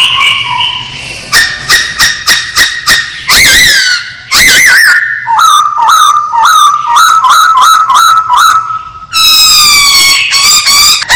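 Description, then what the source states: Masked laughingthrush song: string of sharp clipped notes, two loud harsh squawks, then a fast series of short up-flicked whistles and a rich rasping phrase. Called poksay Hongkong; singing vigorously (gacor).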